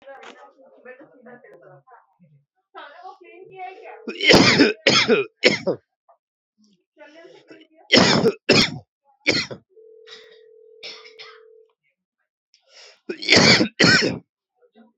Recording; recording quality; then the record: heavy voluntary cough; moderate, slight background noise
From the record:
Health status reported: COVID-19 positive, mild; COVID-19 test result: positive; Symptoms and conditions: fever, loss of smell and taste, diabetes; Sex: male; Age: 47 years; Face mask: not worn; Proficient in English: yes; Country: India